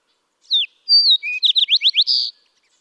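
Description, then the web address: Fox Sparrow song: one short note, then a sweet whistle, and a series of quick rising sweeps ending in a sustained buzzy note. "birdsongforthecurious songs Fox Sparrow"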